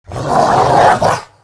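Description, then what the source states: Mastiff giving one harsh, rough snarling roar about a second long, which fades out at the end. Hunting mastiff; the sound is from an attack.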